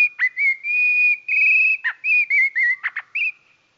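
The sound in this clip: Goldcrest song, slowed: long, steady high whistles broken by quick downward strokes and short trilled phrases, ending in a fading note.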